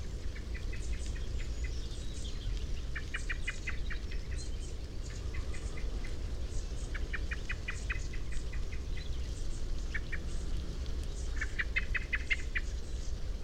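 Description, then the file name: Common blackbird chinking calls, repeated short series of rapid sharp notes, fairly quiet beneath heavy low rumbling noise throughout. "Turdus merula"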